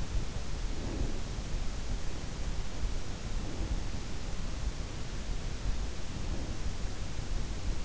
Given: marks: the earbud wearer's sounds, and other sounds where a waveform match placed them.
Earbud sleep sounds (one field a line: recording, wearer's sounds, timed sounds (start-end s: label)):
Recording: sounds in sleep by an in-ear microphone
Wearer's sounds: breath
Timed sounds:
0.38-1.61 s: breath
3.16-4.26 s: breath